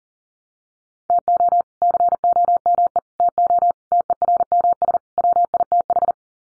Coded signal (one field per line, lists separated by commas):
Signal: Morse code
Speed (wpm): 40 wpm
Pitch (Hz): 700 Hz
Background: none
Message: TO COME TO TERMS WITH